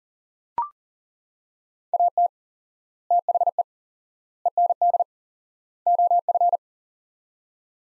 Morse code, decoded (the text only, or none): AT THE END OF